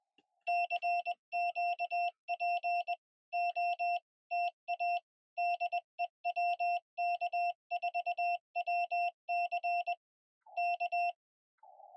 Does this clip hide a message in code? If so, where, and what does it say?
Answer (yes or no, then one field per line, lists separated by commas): yes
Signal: Morse code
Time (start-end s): 0.5-11.1 s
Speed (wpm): 21 wpm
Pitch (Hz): 700 Hz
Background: none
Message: CQ POTA DE WK4WC K